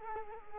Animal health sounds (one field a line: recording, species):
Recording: mosquito wingbeat signal from an infrared sensor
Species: Culex quinquefasciatus